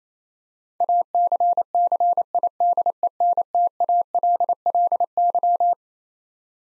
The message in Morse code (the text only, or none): ACCIDENTALLY